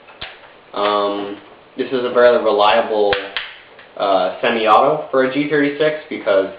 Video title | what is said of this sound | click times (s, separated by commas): Airsoft JG G36c review | and uh yeah the uh selector switch Clicks in place | 0.2 s